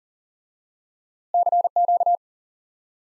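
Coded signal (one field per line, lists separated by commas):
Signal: Morse code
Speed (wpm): 37 wpm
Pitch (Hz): 700 Hz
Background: none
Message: CQ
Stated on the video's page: Morse lesson teaching the common QSO element CQ by instant word recognition.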